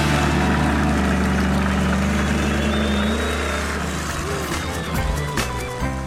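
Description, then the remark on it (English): Monster truck engines roar loudly and continuously, a thick, rumbling low drone with gritty revving over about six seconds, a few sharp bursts near the end. “Can you hear their engines are roaring so loud?”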